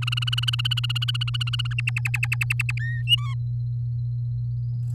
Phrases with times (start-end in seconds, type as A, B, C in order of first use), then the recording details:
0.02-1.74 A, 1.78-2.73 B, 2.79-3.03 C, 3.07-3.35 D. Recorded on 6 May 2018 at 11:58. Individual llb16